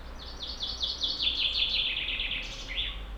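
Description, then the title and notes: Common chaffinch song: a bright, quick run of repeated notes stepping down in pitch and ending in an emphatic flourish, over a low steady hum. Sung in a forest at Montcel, Savoie, France; flying insects passing quickly also heard; binaural recording. "Dans la forêt un pinson envoie sa ritournelle"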